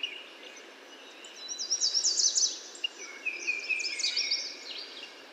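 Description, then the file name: American yellow warbler song: two bright, rapid high phrases of slurred sweet notes about two seconds apart, and a lower thin whistle. "American Yellow Warbler Setophaga aestiva"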